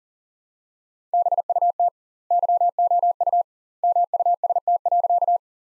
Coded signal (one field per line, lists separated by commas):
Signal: Morse code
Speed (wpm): 40 wpm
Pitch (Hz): 700 Hz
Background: none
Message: BUT YOU MUST.